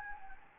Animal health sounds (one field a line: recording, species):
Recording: mosquito wingbeat signal from an infrared sensor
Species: Anopheles gambiae